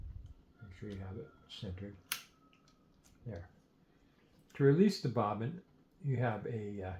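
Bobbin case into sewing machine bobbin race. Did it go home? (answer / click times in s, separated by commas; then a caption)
yes / 2.1 s. A metal bobbin case, held by its tab, is pushed into the bobbin race of a vintage Kenmore 117.252 sewing machine after restoration. Between stretches of someone talking, a single sharp click is heard at 2.1 s as the case clicks into place and is seated.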